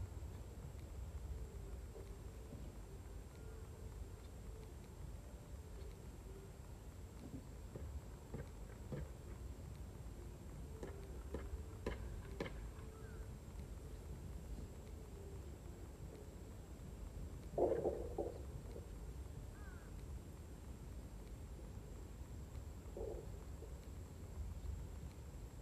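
Rice harvesting with a binder and hanging sheaves to dry: a steady low engine drone, scattered clicks, and a brief louder burst near eighteen seconds.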